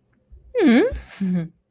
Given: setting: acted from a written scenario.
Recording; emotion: vocal sound without words; amusement